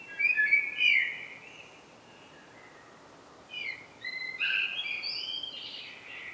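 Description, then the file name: Eurasian blackbird with a mellow warbled opening, a pause, then a busier phrase of varied notes and thin high twitters. "Turdus merula"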